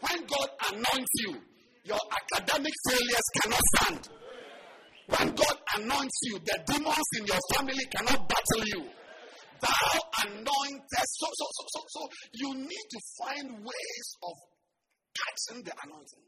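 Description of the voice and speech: An adult man who has long struggled with stammering preaches in a lively, loud voice. A rapid run of repeated syllables ("so-so-so-so-so") and a few drawn-out sounds break otherwise fairly fluent speech. These are stuttering repetitions and prolongations, an audible impairment of speech.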